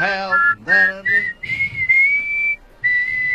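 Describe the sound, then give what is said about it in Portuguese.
Someone whistles a song melody in clear, sustained high notes, slightly off-key, with short breaths between phrases. A few voiced, hum-like notes come first. “Opa, tá desafinando, tá tudo bem. Eu não sou artista. Tem que assobiar.”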